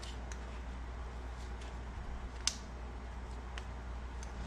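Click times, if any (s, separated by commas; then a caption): none. A sensor with a sealing ring is pushed into its square mounting fitting on the steering assembly during a Natural State Racecraft NSR hydraulic steering kit install on a Can-Am Maverick X3, and it is supposed to snap into place. Small knocks sound at about 0.3, 2.5, 3.6 and 4.2 seconds over a steady low hum, the loudest at 2.5 seconds. Nothing has seated or clicked yet, and the sensor is suspected to be oriented backwards.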